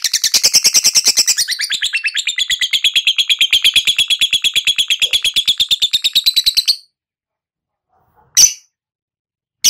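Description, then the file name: Lovebird ngekek trill, a long rapid chattering run of sharp high notes lasting about seven seconds, then silence and one short squeak. Lovebird performing the ngekek style, a long continuous trill; described as auto gacor, meaning it sings readily and loudly. "suara burung lovebird ngekek auto gacor"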